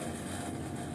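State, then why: Not seated. A plastic blender jar with its blade unit is handled on the motor base, where it must be twisted to the left until it locks with a click, because the blender will not run unless the jar is locked. Only a steady, even broadband noise is heard through the second, with no sudden sounds. Nothing has seated or clicked yet.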